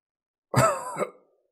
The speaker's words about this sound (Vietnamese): Bóng dáng xa xa kia truyền đến tiếng ho khan già nua mà dữ dội, dường như trái tim đều sắp phun ra.